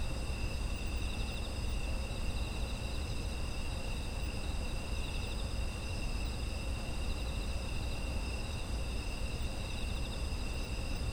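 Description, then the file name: Insects chirring in a steady chorus, several high continuous trilling layers at different pitches, some faintly pulsing, over a constant low rumble. Autumn insects, environmental ambience. "秋の虫の環境音"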